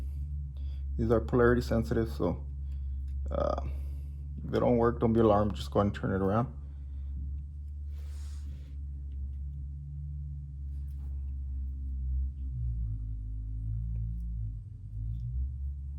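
An LED bulb and socket are handled for a Ram 1500 truck's light housing after the polarity-sensitive bulb is flipped around, while someone talks over a steady low hum. Nothing has seated or clicked yet.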